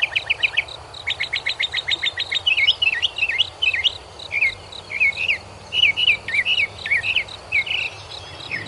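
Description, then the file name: Mockingbird song, rapid buzzy trills followed by a long run of varied, repeated chirping phrases, each changing pitch, steady low background hum. "mockingbird omkicau"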